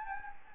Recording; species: mosquito wingbeat signal from an infrared sensor; Anopheles gambiae